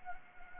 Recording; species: mosquito wingbeat signal from an infrared sensor; Anopheles gambiae